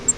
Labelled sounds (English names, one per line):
Grace's Warbler flight call